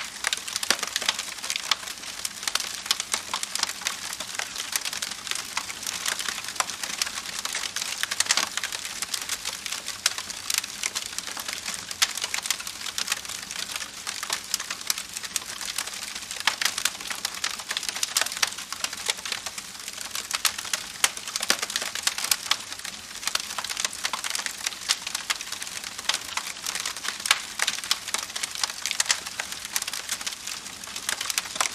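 A campfire crackles steadily for the whole stretch, dense bright snaps and pops over a soft hiss, with no pauses or bigger events.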